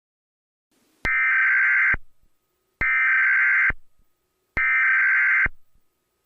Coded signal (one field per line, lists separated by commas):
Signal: Emergency Alert System (SAME) tones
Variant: header bursts